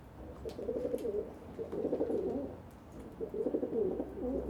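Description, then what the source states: Pigeon cooing: three low, rolling coo phrases about a second long, separated by short pauses, with faint clicks and light background hum. Several pigeons on a balcony in Saint-Gilles, Belgium, cooing and fighting with wing beats; recorded with Sony PCM-D100 internal microphones in wide position.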